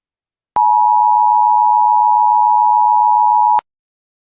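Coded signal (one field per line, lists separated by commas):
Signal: Emergency Alert System (SAME) tones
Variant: 853 and 960 Hz attention tone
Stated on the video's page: Fictional EAS scenario, a requested series finale.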